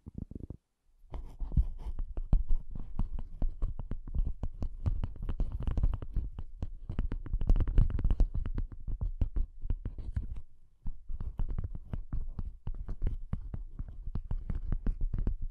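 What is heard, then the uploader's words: Soft, bassy tapping runs in quick, dense, irregular flurries with low thumps, pausing briefly near the start and again around ten seconds. ASMR Bassy and Soft Tapping Sounds. No Talking.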